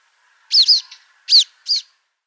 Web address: Schulze Peter Palestine Sunbird calls